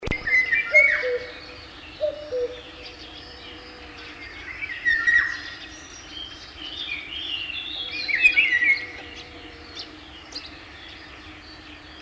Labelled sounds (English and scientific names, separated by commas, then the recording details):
Eurasian Golden Oriole (Oriolus oriolus) call
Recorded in the wild
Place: Illmitz, AT
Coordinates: 47.7594, 16.7686
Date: 1972-05-08
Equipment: Uher Report 4200, AKG D190C in Doppel-Parabolreflektor
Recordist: Krey, Winfried
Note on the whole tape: Rufe